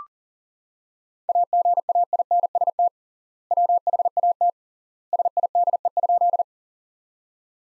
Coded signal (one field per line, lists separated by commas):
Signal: Morse code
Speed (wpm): 40 wpm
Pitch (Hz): 700 Hz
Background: none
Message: AGAINST WHAT SIDE?